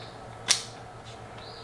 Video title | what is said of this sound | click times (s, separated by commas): LK with Capture One | You'll hear a click. | 0.5 s